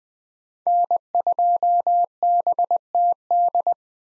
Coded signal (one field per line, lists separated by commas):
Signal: Morse code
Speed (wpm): 20 wpm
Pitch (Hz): 700 Hz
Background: none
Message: N2BTD